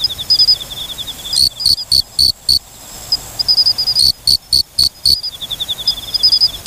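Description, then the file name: Cricket chirps come in two runs of rapid, high pulses, separated by quieter stretches of soft, fast ticking from another insect. "moriokamekourogi"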